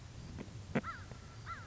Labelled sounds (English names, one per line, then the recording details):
American Crow
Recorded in Sonoma County, California